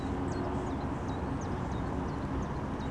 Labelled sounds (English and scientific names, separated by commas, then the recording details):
Common Chiffchaff (Phylloscopus collybita)
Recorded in Germany
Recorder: ecoPi